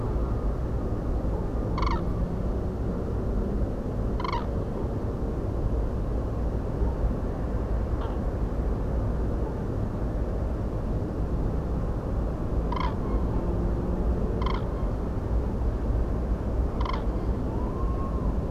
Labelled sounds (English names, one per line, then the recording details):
Common Crane
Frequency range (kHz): Common Crane 0.5-7.5 kHz
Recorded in France